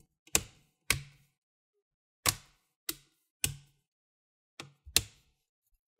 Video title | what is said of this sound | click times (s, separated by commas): How to replace Battery on DELL Inspiron 13 7000 series, complete guide | put this on you better hear that click sounds alright | 0.4 s, 0.9 s, 2.9 s, 3.4 s, 5.0 s